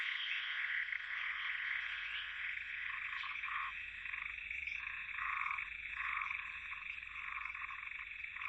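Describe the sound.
Dense frog chorus of overlapping croaks forming a constant rasping hum, with a few louder calls standing out.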